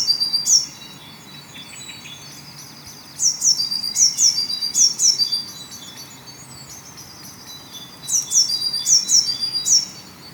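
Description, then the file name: Eurasian blue tit: a single high note, then two fast series of sharp descending notes with a quiet gap between. "Cyanistes caeruleus"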